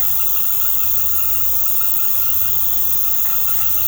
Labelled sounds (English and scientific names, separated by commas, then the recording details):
none
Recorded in secondary vegetation near Puerto Asís, Putumayo, Colombia, on 24 March 2025 at 20:00
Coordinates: 0.468, -76.324
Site G059